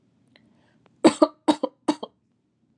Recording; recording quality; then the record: shallow voluntary cough; excellent, no background noise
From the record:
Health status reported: exposed to COVID-19, no respiratory illness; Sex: female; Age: 29 years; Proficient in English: yes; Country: United States